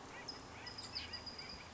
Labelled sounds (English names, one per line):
California Towhee